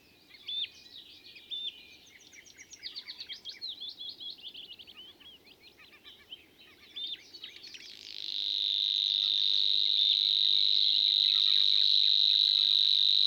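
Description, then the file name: Savi's warbler song: after several seconds of varied chirping, a sustained high buzzing reel starts and runs steadily to the end. "Snor"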